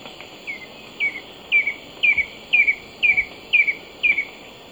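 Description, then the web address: Stripe-chested Antwren song, a steady series of about eight clear downslurred whistled notes, each doubled, roughly two per second, with a high insect hum behind. Ecuador. "Natures Songs S America Birds of Ecuador Stripe-chested Antwren"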